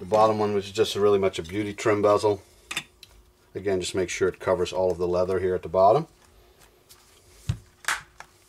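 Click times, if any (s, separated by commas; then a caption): 7.9 s. Someone talks while pressing the lower plastic beauty trim bezel onto a GT350 steering wheel with paddle shifters, installed in a 2016 Mustang GT, so that it covers the leather at the bottom. A few small clicks come at about 2.7, 3.0 and 7.5 seconds, then the bezel snaps into place with a sharp click at 7.9 seconds, and it is seated.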